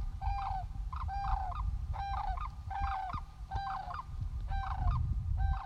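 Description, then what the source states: Sandhill Crane calls: rolling, trumpeting rattles repeated roughly once a second, over a steady low rumble. Sandhill Cranes return every year from the San Joaquin Valley to Saunders Field Bird Sanctuary, Trapper Creek, Alaska, in spring.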